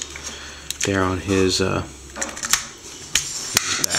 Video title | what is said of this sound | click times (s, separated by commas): ROTF Leader Class Megatron | there we go everything does click into place | 3.2 s